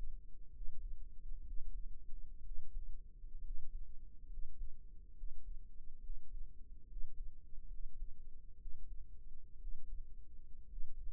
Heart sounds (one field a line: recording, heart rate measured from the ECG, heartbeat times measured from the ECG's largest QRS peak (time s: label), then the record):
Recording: heart sounds by microphone in the right ear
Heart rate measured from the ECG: 65 bpm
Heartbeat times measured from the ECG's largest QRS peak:
0.51 s: heartbeat
1.43 s: heartbeat
2.42 s: heartbeat
3.41 s: heartbeat
4.27 s: heartbeat
5.14 s: heartbeat
6.00 s: heartbeat
6.86 s: heartbeat
7.68 s: heartbeat
8.58 s: heartbeat
9.58 s: heartbeat
10.67 s: heartbeat
From the record:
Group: healthy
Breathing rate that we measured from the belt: 17 breaths a minute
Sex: male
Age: 22 years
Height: 181 cm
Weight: 79 kg